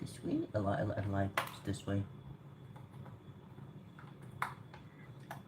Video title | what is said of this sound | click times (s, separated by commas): PC twink builds part 1#furry #vtuber | this should just fit this over, and it locks in place. | 4.4 s